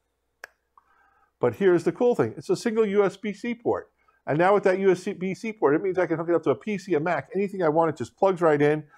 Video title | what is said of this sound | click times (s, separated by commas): SanDisk Professional Next Generation Storage Solutions for your Project, Mirror, or Transport | This is the blade going in and out. You can hear it click in. | 0.4 s